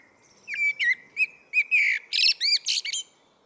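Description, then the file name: Common blackbird singing a single phrase, low rich whistles sliding up and down before breaking into a rapid, high-pitched chattering flourish. "Turdus merula"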